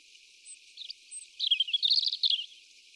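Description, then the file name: European robin song: a couple of soft notes, then a rapid, liquid, trilling jumble of high twittering tones lasting about a second. "Erithacus rubecula"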